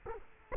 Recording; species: mosquito wingbeat signal from an infrared sensor; Culex quinquefasciatus